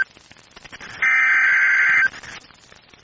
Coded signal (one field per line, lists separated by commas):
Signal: Emergency Alert System (SAME) tones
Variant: header bursts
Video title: EAS #1,713 Online NOAA Weather Radio Tornado Warning #2 1/5/25